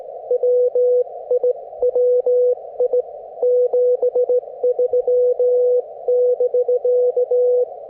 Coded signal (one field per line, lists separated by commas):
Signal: Morse code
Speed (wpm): 18 wpm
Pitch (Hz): 490 Hz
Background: none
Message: WI WI 73 <BK>